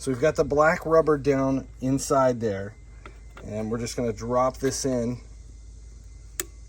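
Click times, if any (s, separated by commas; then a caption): 6.4 s. A new lock cylinder assembly with its release clip is dropped through the black rubber seal into the door shell of a Chevy S-10 pickup truck. Someone talks, then after a quiet pause a single sharp click sounds at 6.4 seconds as the cylinder seats and locks in place.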